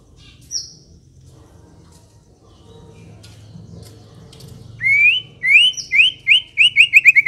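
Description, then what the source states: White-rumped shama song: a single high note, a quiet stretch with low hum, then a quickening series of repeated rising whistled notes. Long-duration lure (pikat) of white-rumped shama song, used to attract birds.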